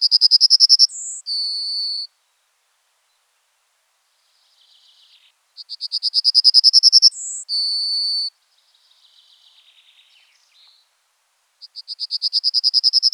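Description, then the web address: Yellowhammer singing: a rapid ticking series of high notes, a brief higher note and a sustained final note, heard twice, with a third phrase starting at the end and faint chirps between phrases. "birdify. emberiza citrinella"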